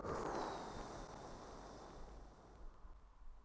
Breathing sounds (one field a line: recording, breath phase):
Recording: one breath near a microphone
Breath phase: exhalation